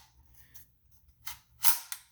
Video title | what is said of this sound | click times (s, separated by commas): Upgrading Car Stereo🎵 -- Installing a Bluetooth Deck into my EF CIVIC Using Some 3D Printed Parts!! | there you go you can hear it locked in the tabs are locked so this is not going to go anywhere | 1.9 s